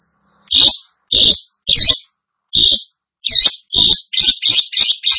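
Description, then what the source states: Long-tailed Shrike song: loud, rasping, buzzy notes delivered in a steady series that speeds up toward the end. Described as gacor, meaning singing vigorously and continuously.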